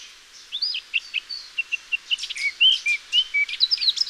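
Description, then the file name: Eurasian blackcap song, a rapid run of varied warbled notes turning into clearer whistled notes. "Sylvia atricapilla"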